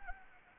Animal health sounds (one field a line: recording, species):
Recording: mosquito wingbeat signal from an infrared sensor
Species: Anopheles arabiensis